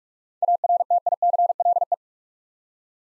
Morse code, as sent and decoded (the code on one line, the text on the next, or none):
.- .-. - .. -.-. .-.. .
ARTICLE